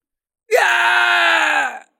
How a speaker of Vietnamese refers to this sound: Thông tí thần viên hét thảm, cảm giác đau nhức từ bàn tay truyền tới khiến nó không ngừng thối lui. Bởi vì càng dùng sức đấm tới thì sự đau đớn càng tăng mạnh, xương ngón tay tựa như đã bị đánh gãy vậy.